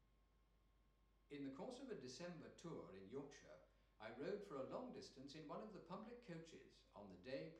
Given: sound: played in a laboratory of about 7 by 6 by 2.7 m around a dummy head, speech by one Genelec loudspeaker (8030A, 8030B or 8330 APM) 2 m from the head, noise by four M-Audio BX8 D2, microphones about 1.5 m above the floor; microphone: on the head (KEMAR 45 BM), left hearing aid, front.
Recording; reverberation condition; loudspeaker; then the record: male speech in English; medium; 150 degrees to the left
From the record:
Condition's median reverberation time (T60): about 510 ms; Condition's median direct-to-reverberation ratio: about -0.5 dB